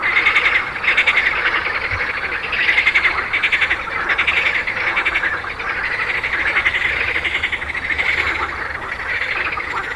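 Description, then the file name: Many frogs calling at once, dense trilling croaks rising and falling in waves. "grenouilles"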